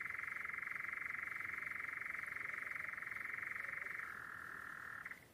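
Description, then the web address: European nightjar giving a continuous rapid churr, sustained for about four seconds, then slightly altered before stopping abruptly. "canto de noitibo europeu"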